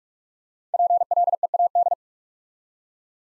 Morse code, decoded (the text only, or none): PLEAD